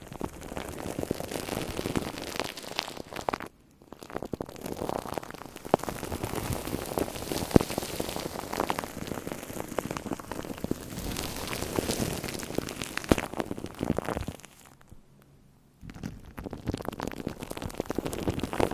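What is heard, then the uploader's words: Shaving cream fizzing and crackling against a microphone, a dense, steady patter of tiny pops and bursts much like rain on a surface. The crackle stops briefly near 3.5 seconds and again from about 14.5 to 16 seconds, then resumes as thickly as before. Shaving Cream on Mic. Brainmassage mit Schaum.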